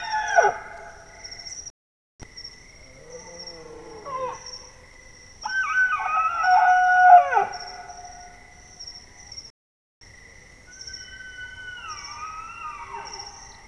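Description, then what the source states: Bactrian deer calling in soft tonal bursts, with a louder whistled, harmonic call in the middle and a falling whistled call near the end. The background stays quiet. Single male Bactrian deer.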